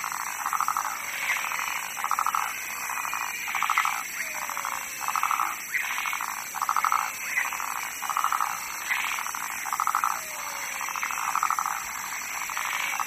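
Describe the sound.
A frog repeats grating, pulsed croaks at a quick steady pace, while softer higher calls and a steady hiss continue.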